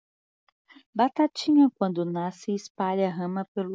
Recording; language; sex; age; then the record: short text; Brazilian Portuguese; female; 30 to 39 years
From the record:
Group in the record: control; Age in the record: 35 years